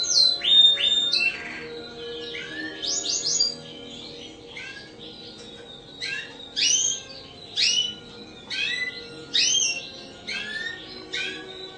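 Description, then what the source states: Spanish Timbrado canary singing: a high whistled note, then a series of sharp upswept notes in spaced bursts. Lively song with long rolling phrases.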